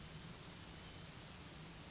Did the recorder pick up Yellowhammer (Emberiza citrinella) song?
no